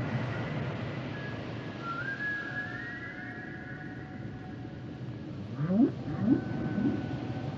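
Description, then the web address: Whale song: a long whistle-like tone that slides upward and holds, then a run of rising upsweeps near the end. "Natures Songs Whale Songs Whales and Dolphins - whale nature sounds songs"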